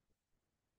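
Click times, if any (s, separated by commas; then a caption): none. A metal/plastic bobbin is handled at a sewing machine's bobbin case, which it is meant to snap into. Only faint, low, soft bumps near 0.1 s and 0.35 s rise over a near-silent background. Nothing has seated or clicked yet.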